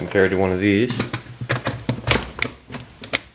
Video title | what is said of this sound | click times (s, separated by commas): Promag HK93/Century 93/Vector 93 Magazine fix Part 2 | that will not lock into place | none